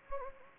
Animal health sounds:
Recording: mosquito wingbeat signal from an infrared sensor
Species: Anopheles gambiae

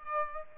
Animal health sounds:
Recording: mosquito wingbeat signal from an infrared sensor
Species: Aedes aegypti

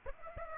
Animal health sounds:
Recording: mosquito wingbeat signal from an infrared sensor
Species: Aedes aegypti

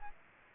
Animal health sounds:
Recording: mosquito wingbeat signal from an infrared sensor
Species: Aedes aegypti

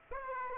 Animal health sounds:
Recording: mosquito wingbeat signal from an infrared sensor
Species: Aedes aegypti

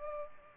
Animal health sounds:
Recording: mosquito wingbeat signal from an infrared sensor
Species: Culex pipiens

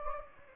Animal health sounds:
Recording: mosquito wingbeat signal from an infrared sensor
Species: Anopheles gambiae

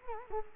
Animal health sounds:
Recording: mosquito wingbeat signal from an infrared sensor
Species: Culex quinquefasciatus

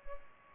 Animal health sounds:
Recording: mosquito wingbeat signal from an infrared sensor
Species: Culex pipiens

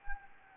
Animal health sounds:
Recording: mosquito wingbeat signal from an infrared sensor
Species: Anopheles gambiae

